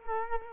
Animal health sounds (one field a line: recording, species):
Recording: mosquito wingbeat signal from an infrared sensor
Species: Culex quinquefasciatus